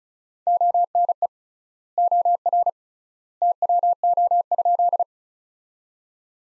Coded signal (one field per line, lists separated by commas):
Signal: Morse code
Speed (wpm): 36 wpm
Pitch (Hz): 700 Hz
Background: none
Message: ONE OR TWO?